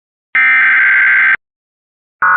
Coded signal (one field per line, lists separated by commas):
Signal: Emergency Alert System (SAME) tones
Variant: header bursts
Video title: [EAS YTP] Severe Flash Tornado Thunderstorm Warning by @gatewaystar More Lamar Arisons Tech